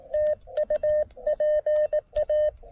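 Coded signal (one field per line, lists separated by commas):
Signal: Morse code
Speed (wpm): 18 wpm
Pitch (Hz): 600 Hz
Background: none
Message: TU PA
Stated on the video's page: QRP Xiegu G106 transceiver, CW park activation on 20 meters.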